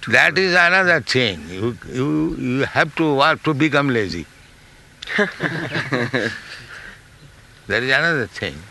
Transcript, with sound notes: That is another thing. You have to work to become lazy. [laughter] That is another thing.